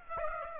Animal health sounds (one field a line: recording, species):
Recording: mosquito wingbeat signal from an infrared sensor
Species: Aedes aegypti